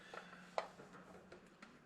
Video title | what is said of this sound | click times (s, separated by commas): Tuto : Je pose des volets roulants de chez Domondo | ça ça permet au petit ergot de bien se clipser | 0.6 s